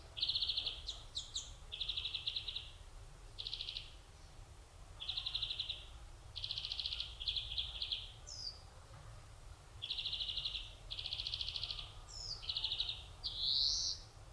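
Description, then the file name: European greenfinch repeating dry rattling trills in quick series, broken by a few short high notes; faint low background noise. "Chloris chloris"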